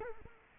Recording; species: mosquito wingbeat signal from an infrared sensor; Culex quinquefasciatus